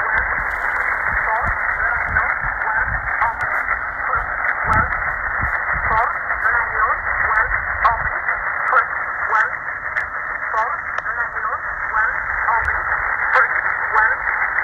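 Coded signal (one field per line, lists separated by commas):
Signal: numbers station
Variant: E11 Oblique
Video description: 4505 kHz USB - E11 "Oblique" Numbers Station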